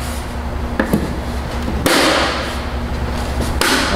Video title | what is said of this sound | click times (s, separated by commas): International D4300 Mirror Replacement | Snap. All right, so that is done. | 0.8 s, 3.6 s